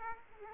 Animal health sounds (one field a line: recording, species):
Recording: mosquito wingbeat signal from an infrared sensor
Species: Aedes aegypti